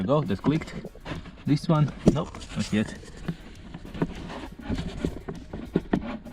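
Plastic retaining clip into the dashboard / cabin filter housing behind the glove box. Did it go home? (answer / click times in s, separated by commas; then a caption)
yes / 5.9 s. A plastic retaining clip on the cabin filter housing behind the glove box of a 2008 Toyota Avensis is pushed back in after a failed first try, while someone talks. Small sharp taps sound at about 4.0 and 5.8 seconds, then the clip clicks home at 5.9 seconds and is seated.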